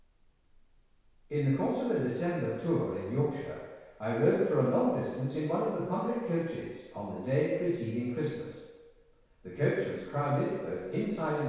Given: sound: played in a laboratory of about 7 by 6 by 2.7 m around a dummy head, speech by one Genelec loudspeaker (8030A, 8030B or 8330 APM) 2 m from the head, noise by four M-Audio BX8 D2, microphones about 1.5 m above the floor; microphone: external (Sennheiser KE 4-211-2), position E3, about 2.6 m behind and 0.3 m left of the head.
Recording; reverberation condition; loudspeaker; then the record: male speech in English; high; 120 degrees to the left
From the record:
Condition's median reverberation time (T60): about 1300 ms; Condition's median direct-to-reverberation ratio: about -4.0 dB